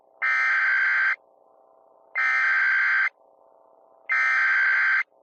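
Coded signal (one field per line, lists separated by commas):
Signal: Emergency Alert System (SAME) tones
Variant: header bursts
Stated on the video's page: Fictional EAS scenario about zombies, made for entertainment.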